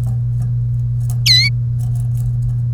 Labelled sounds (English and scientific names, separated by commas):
Domestic Canary (Serinus canaria) song